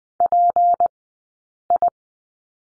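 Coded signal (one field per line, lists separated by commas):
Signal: Morse code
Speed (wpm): 20 wpm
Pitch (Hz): 700 Hz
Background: none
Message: PI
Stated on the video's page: Morse code course lesson on the slash character, sent at Farnsworth speed 20/10 wpm.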